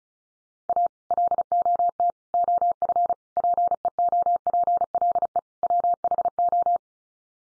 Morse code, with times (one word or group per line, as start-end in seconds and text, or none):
0.7-0.9 A
1.1-2.1 LOT
2.3-3.1 OF
3.4-5.4 PEOPLE
5.6-6.8 WHO